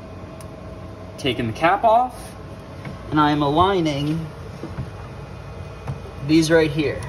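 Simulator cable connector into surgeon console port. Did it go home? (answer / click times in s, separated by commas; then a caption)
no / none. Someone talks while a simulator cable connector, its cap taken off, is lined up with the surgeon console port by matching the red alignment marks, with a brief handling knock near 2.9 s. The connector is not pushed in yet, and nothing has seated or clicked.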